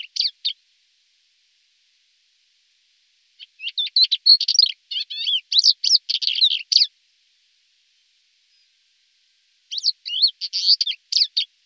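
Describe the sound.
Thekla's lark song: a short burst, then a longer rich phrase of fast twittering, trilled and slurred notes, and a final phrase after a pause; no other noises.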